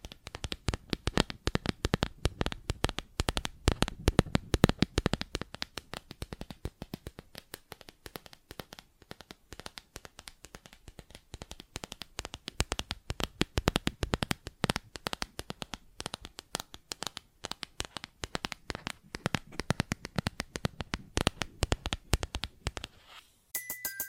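Plastic objects tap and scratch in dense, rapid clusters of sharp clicks that run almost without pause for about 23 seconds. The rattling swells louder around five seconds and again between 13 and 20 seconds, then stops abruptly, leaving a brief quiet with a faint tone.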